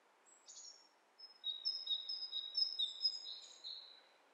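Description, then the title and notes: Bird calls: a few high, thin notes, then a run of drawn-out twittering chirps that fades at the end. Two birds interacting; lo-fi recording. "bird dialogs. lo-fi recording of two birds interacting"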